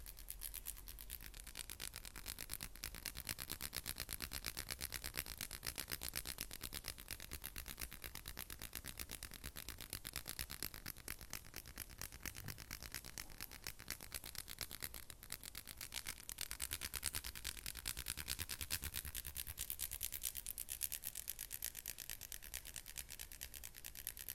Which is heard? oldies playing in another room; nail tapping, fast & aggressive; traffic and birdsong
nail tapping, fast & aggressive